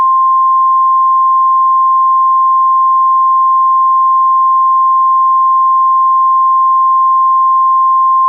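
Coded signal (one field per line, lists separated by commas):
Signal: Emergency Alert System (SAME) tones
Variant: 1050 Hz attention tone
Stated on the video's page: Invasion EAS scenario, a fictional simulated alert.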